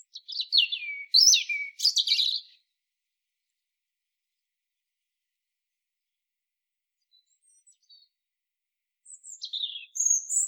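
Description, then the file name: European robin song: a rich, high warbling phrase of trills lasting over two seconds, silence, then another thin wavering phrase near the end. "Erithacus rubecula"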